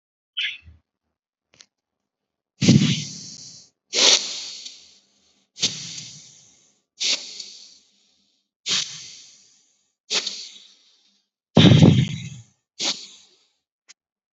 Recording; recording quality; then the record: deep breathing; excellent, no background noise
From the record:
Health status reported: exposed to COVID-19, no respiratory illness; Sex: male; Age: 26 years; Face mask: not worn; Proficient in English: yes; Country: India